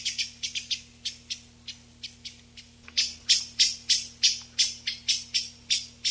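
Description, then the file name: Eyebrowed thrush call series: sharp ticking notes repeated roughly three times a second, growing louder midway and continuing evenly. 19 June 1991. "19 06 91 Tobscurus"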